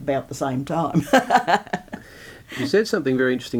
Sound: laughs

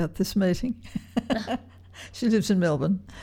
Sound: laughs

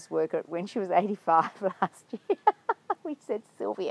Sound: laughs

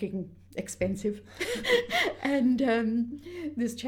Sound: laughs

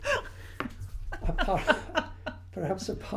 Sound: laughs

